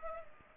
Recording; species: mosquito wingbeat signal from an infrared sensor; Culex pipiens